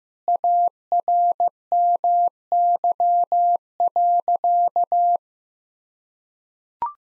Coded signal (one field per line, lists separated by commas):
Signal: Morse code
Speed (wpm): 15 wpm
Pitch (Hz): 700 Hz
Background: none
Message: ARMY.